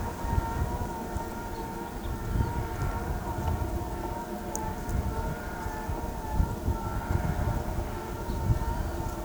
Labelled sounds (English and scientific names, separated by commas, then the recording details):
none
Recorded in pastures near Pivijay, Magdalena, Colombia, on 14 April 2023 at 13:30
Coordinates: 10.456, -74.369
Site P6-G026